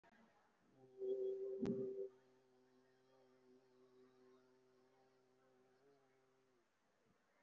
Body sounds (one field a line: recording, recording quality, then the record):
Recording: sustained vowel as in boot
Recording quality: moderate, slight background noise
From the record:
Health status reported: recovered from COVID-19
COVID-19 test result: positive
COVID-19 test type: RT-PCR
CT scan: taken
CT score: 5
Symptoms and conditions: cough, cold, breathing difficulty, chronic lung disease, pneumonia, ischaemic heart disease, another condition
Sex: male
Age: 57 years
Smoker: no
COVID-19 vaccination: both doses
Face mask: worn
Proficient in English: no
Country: India